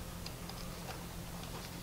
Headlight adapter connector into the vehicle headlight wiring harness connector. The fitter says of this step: And once you have that, you're going to go ahead and you're going to clip this in. You'll hear it click.